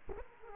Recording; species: mosquito wingbeat signal from an infrared sensor; Aedes aegypti